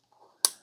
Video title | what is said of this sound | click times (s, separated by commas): Review Google Nest WiFi AC2200 Mesh WiFI System Router HOW TO SETUP FOR FIRST TIME | go till it snaps now let's go plug this into the router and power it on | 0.4 s